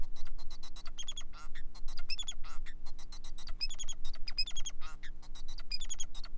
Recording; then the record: song of a male Bengalese finch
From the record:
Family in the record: son of father 4